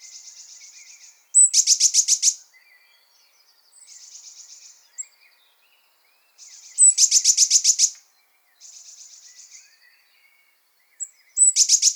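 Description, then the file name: Eurasian blue tit, a soft buzzy churr alternating with loud scolding bursts of rapid, harsh repeated notes, repeated about every five seconds. "Cyanistes caeruleus"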